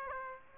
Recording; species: mosquito wingbeat signal from an infrared sensor; Aedes aegypti